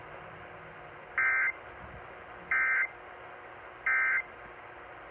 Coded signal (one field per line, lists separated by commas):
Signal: Emergency Alert System (SAME) tones